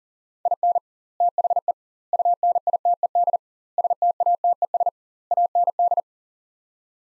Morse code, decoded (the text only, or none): IN THE UNITED STATES AND